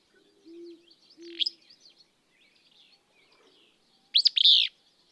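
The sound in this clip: Willow flycatcher song: a quick, burry, sneezing phrase, preceded by a sharp call note, with two low soft hooting notes and faint high bird chatter behind.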